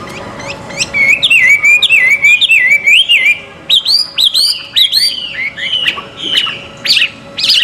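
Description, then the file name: Chinese hwamei singing clear looping whistles that rise and fall, interspersed with sharp chipping notes, repeated energetically over a faint steady hum. Song at a bird gathering. "audio gathering hwamei. omkicau"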